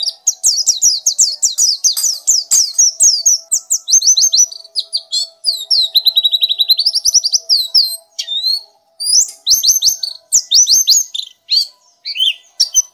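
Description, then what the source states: Nightingale song: rapid series of repeated descending notes, then a slower run of rich whistled notes and scattered trills, with a faint steady hum beneath. Masteran (tutor) song for training cage birds to sing.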